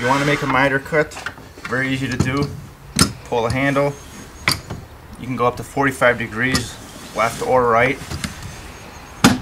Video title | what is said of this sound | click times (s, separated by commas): Evolution Rage 3 Saw | and at 15 you can see it automatically locks into place | 9.2 s